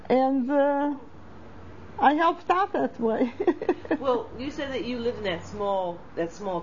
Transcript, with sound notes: And I helped out that way. ( she laughs )
Well, you said that you lived in that small town.